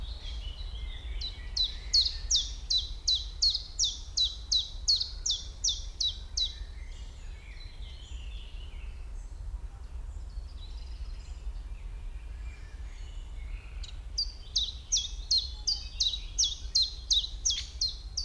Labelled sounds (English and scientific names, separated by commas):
Common Chiffchaff (Phylloscopus collybita)